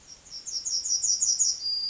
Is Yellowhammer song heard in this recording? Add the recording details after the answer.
yes. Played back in forest. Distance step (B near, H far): D. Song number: 052